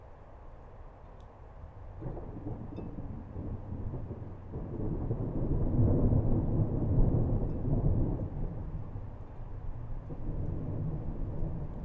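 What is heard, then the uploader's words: Thunder rumbles low and long beneath a steady wash of rain in a backyard. The rumble swells from about two seconds, peaks around six to eight seconds, then eases but keeps rolling. A few faint drips or ticks sit on top. Thunder to heavy rain - backyard recording. Recorded by Anton Pickard.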